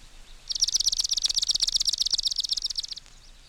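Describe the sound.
Swamp Sparrow singing a fast, even trill of many rapid, high chipping notes held for about two and a half seconds, with nothing else prominent.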